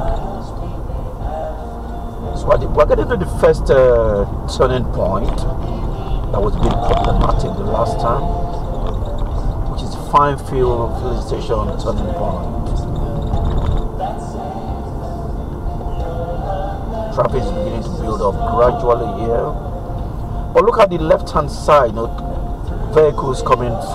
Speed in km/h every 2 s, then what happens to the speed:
52, 52, 52, 52, 52, 48, 47, 42, 40, 40, 39, 35.
0-11 steady at about 52. 11-15 slows to 40. 15-21 steady at about 40.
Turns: none.